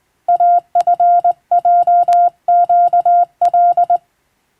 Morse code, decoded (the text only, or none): AFJQL